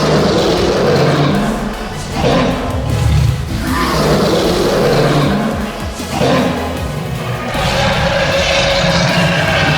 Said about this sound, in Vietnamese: hóa thành một con hắc long bay lên, quấn lấy toàn bộ thân thể, đầu rồng ngửa mặt về phía Si mà gầm thét